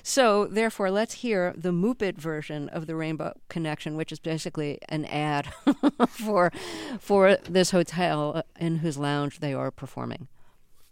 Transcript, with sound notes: So therefore let's hear the Moopet version of "The Rainbow Connection," which is basically an ad...
(SOUNDBITE OF LAUGHTER)
...for this hotel in his lounge they are performing.